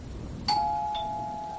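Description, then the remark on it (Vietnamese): A doorbell at an apartment door rings once with a bright electronic chime, a clear tone that sustains and slowly fades, with a second softer strike shortly after, over a faint low background hum. “Tiếng chuông cửa vang lên, người đàn ông sực tỉnh, đôi mắt chỉ còn đầy sự lạnh lẽo.”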